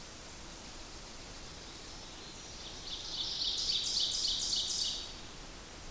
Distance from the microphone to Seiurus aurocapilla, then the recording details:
about 30 m. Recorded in boreal forest in Alberta, Canada, on 8 June 2016 at 06:44. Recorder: SongMeter 3, array SBT-3-9. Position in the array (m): 48 m, 103 m. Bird 33